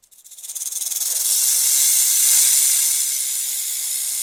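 Snake hiss, breathy and high-pitched, opening as a string of quick pulses that swell into one long continuous rushing hiss.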